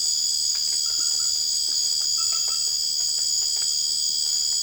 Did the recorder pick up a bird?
no